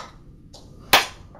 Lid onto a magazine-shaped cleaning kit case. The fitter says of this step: just slides on me clicks into place gives you a nice water-resistant crushproof case for the cleaning kit